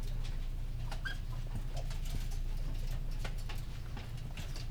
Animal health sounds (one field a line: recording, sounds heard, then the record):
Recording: poultry house recording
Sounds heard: sick chickens (respiratory disease)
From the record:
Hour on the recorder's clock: 19